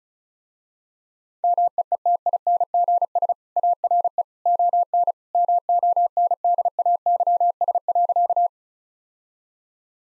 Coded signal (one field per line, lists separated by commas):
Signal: Morse code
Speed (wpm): 36 wpm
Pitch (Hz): 700 Hz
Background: none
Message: MEETINGS ARE ON MONDAYS.